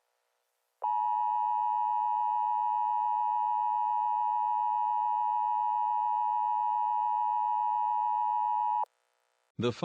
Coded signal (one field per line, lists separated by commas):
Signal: Emergency Alert System (SAME) tones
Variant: 853 and 960 Hz attention tone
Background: speech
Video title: EAS Mock #23 : FrozenWave